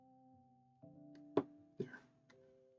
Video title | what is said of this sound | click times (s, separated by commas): More Switch BSoD diagnosis! | satisfying snap noise | 1.4 s